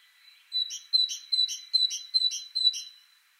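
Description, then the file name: Great tit repeating a bright two-part note six times, each pair high and piercing, spaced roughly every 0.4 seconds, no other sounds evident. "Parus major"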